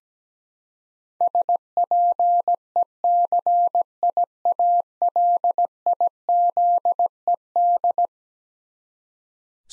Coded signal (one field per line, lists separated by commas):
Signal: Morse code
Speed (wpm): 17 wpm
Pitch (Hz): 700 Hz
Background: none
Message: SPECIALIZED